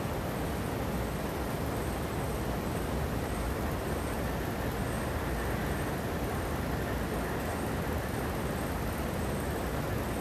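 Air conditioners hum and hiss in a steady, dense roar that fills the lows and mids without letting up for the whole stretch. A faint, wavering high whine rides on top, and the level stays flat throughout with no distinct events.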